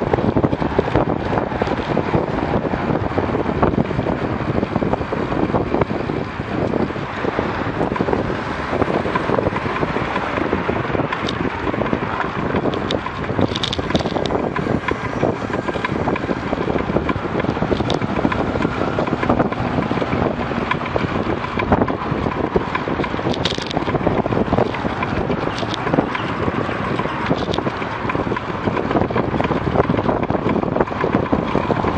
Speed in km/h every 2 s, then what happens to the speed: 26, 23, 18, 17, 20, 22, 23, 23, 24, 25, 25, 26, 23, 27, 28, 30.
0-7 slows to 17. 7-32 speeds up to 30.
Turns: none.